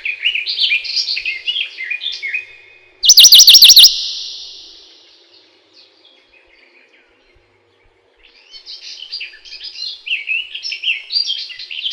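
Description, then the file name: Western Bonelli's warbler singing one fast, even trill of several notes with a ringing tail, set between stretches of busy warbling from another songbird. "пеночка белобрюхая"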